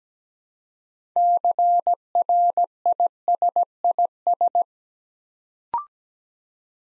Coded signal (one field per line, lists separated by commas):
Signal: Morse code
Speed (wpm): 17 wpm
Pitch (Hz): 700 Hz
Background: none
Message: CRISIS